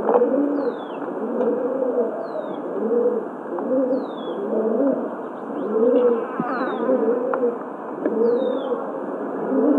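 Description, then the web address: Rock pigeon cooing: low rolling coos repeating steadily throughout, with occasional thin descending chirps above. "Rock Pigeon"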